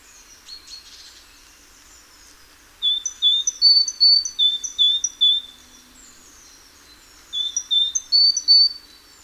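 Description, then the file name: Great tit singing clear, see-sawing two-note whistled phrases repeated in quick succession, with a short gap before a final burst of the same pattern. "Parus major"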